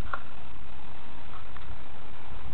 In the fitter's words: pull that back really tightly so you hear it click and